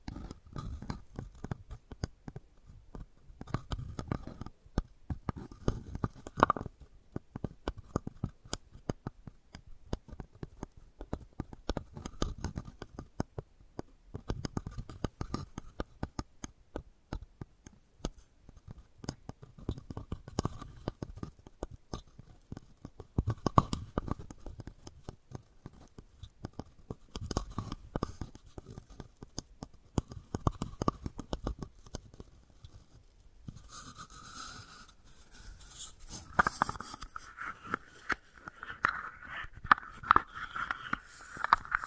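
Wooden balls click, tap and roll in a dense, irregular patter of small knocks that keeps going throughout. Softer stretches alternate with busier bursts around 5, 15, 24 and 28 seconds, and after about 34 seconds a brighter, steadier rolling rattle takes over.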